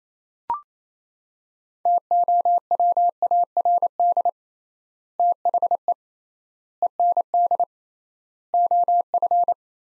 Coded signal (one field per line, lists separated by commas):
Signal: Morse code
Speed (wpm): 28 wpm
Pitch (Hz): 700 Hz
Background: none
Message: TOWARD THE END OF